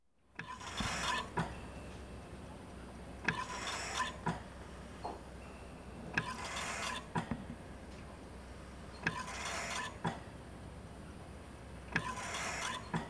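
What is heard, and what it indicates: A hospital ventilator operating, with a rhythmic broadband hiss of delivered air roughly every three seconds (about 20 cycles per minute), sharp mechanical clicks between breaths, and a steady low hum underneath.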